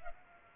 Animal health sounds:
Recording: mosquito wingbeat signal from an infrared sensor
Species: Culex pipiens

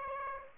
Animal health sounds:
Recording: mosquito wingbeat signal from an infrared sensor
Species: Aedes aegypti

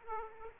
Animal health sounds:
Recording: mosquito wingbeat signal from an infrared sensor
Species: Aedes aegypti

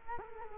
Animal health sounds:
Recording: mosquito wingbeat signal from an infrared sensor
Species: Culex quinquefasciatus

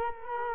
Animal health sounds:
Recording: mosquito wingbeat signal from an infrared sensor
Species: Culex quinquefasciatus

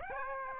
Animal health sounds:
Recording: mosquito wingbeat signal from an infrared sensor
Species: Aedes aegypti

